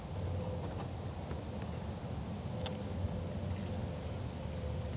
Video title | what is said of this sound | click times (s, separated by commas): 2022+ Nissan Frontier - OEM Window Deflectors / Visors Installation #nissanfrontier | going to slide it up and clip into place first before you do anything else | 2.7 s